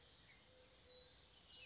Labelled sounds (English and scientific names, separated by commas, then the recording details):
Mourning Dove (Zenaida macroura)
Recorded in Sonoma County, California